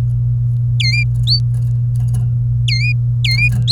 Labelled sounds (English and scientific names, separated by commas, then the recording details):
Domestic Canary (Serinus canaria) song
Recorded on 24 April 2018 at 07:05
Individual llb3